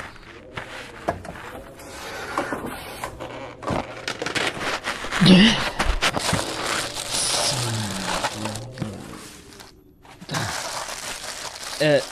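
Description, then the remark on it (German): A plastic tarp in the back of a car is rummaged through and crinkled in a long run of dense, crackly rustles and sharp crunches, with a brief pause near the end and a single short spoken word. “Als erstes braucht man so eine Plastikplane. Hinten im Auto müsste eine liegen.”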